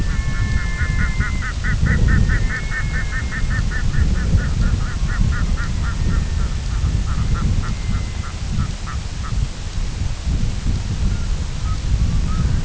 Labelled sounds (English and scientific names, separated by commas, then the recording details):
Red-throated Loon (Gavia stellata), unidentified sound
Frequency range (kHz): Red-throated Loon (Gavia stellata) 0.8-2.5 kHz
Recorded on Arctic tundra, site IGLO-F, on 22 June 2018
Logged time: 02:00